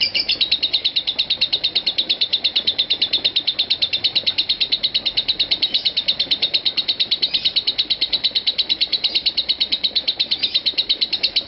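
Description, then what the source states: Lovebird calling with a long, steady train of sharp high chirps at a quick, regular pace, never pausing. Call style named konslet.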